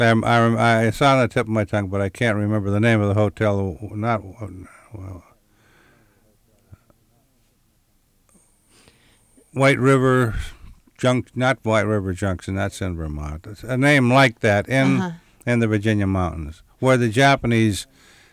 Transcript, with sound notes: I remem-- it's on the tip of my tongue, but I can't remember the name of the hotel. Not – well – [pause] White River Junc-- not White River Junction, that's in Vermont. A name like that in the Virginia Mountains, where the Japanese